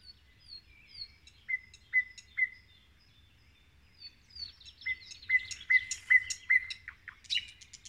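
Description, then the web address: Common nightingale song with falling whistled notes, three emphatic repeated chooks, a pause, then a louder run of repeated notes and a buzzy, clicking finish. "rossignol ordinaire chant du rossignol"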